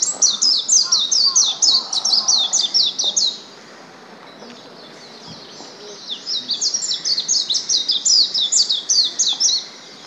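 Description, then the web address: Warbling white-eye singing a rapid, jumbled run of high twittering notes, pausing for a couple of seconds before another fast chattering burst. 1 April 2014. "birdenaga mejiro"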